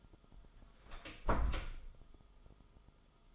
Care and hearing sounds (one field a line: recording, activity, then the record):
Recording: daily activity, microphone in the room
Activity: close door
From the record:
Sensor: 5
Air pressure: 1005.0 hPa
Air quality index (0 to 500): 103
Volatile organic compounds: 2 ppm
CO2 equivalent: 1253 ppm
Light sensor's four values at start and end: 34/79/32/31 and 34/80/32/31